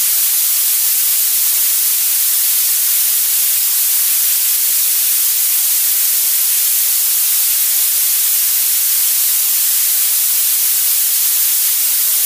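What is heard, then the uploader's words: Violet noise: a constant, very bright hiss that sounds thin and sharp, almost all top end with virtually no low rumble. It holds perfectly steady at one loud level for the whole twelve seconds, with no breaks or changes. Violet Noise.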